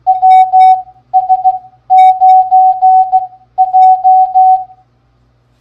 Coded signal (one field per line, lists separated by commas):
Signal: Morse code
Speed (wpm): 16 wpm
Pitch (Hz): 750 Hz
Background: none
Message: WS9J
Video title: Game Time! Morse Code Practice is now a game. Can you beat our scores? Don’t miss the loser’s prize!